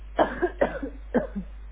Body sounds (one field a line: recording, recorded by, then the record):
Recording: voluntary cough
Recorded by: telephone call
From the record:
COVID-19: positive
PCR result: checked with the laboratory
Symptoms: yes